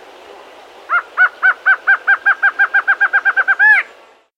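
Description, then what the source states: Streak-backed antshrike calling: a run of clipped nasal notes that speeds up over nearly three seconds and ends in a longer final note. South America.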